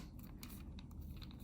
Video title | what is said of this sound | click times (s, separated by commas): Replacement Right Joystick - PS Vita 1000 model | first bottoms click and then the top clicks into place | 0.4 s, 1.2 s